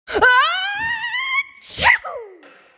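A drawn-out, rising voiced "aah" lasting over a second builds up, then breaks into one sharp, forceful hissing burst with a falling voiced tail. A single loud sneeze from an adult.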